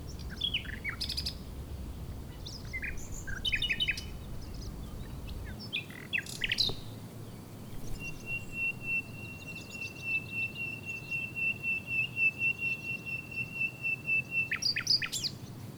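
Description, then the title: Common nightingale song: varied rapid phrases of chirps and trills, then a long sustained high note, ending in a brief burst of short notes, wind noise underneath. Wild nightingale singing in breeding season, hidden in scrub near Chindrieux, France; sunny day, fairly strong west wind; Zoom H4n Pro on ground tens of metres away in small valley. "Chindrieux, France - Rossignol"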